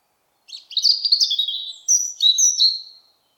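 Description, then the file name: European robin singing a brief, high, sweet phrase of rapid warbled notes, then a second phrase of thin whistled notes that fades out. "Erithacus rubecula"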